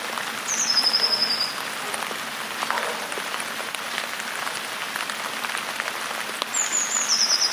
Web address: wroblowe teka modraszkoteka